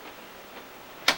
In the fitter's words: click right in.